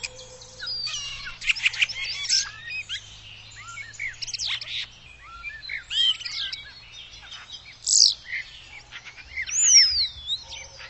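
Bird chirping and twittering, a busy mix of short high notes and whistled upslurs in irregular bursts, over a steady low hum.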